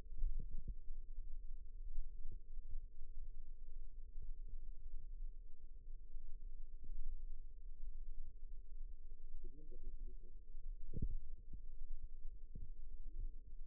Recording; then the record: forearm muscle sounds (acoustic myography)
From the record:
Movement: rest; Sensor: system 2, bracelet of six BSWA MPA416 microphones around the upper forearm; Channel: 4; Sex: female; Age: 21 years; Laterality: right